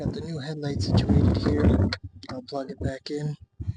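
A wiring connector is handled at the back of a new headlight assembly on a Volvo 850 while someone talks, with wind noise in the background. The plug has not been pushed onto the headlight and nothing has seated or clicked yet.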